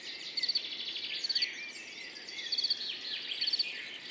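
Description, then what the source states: Field cricket chirps, four pulsed bursts about a second apart, amid twittering and sweeping bird calls. Morning after a mild night, 10 June 2019, Montagne du Puy, among orchids; Nagra Seven recorder, MKH40 microphones, stereo; birds waking and insects warming up in background.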